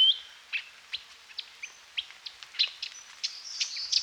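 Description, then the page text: Lesser racket-tailed drongo song: a clear opening whistle, then a lively, irregular mix of sharp chips, metallic clicks and short whistled notes. "Lesser Racket-Tailed Drongo Song. Quick Sounds"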